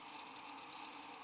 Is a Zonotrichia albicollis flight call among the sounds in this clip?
no